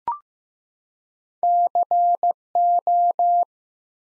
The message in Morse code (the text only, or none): CO